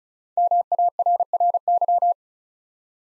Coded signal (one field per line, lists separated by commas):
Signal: Morse code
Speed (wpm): 36 wpm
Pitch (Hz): 700 Hz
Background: none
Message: MARRY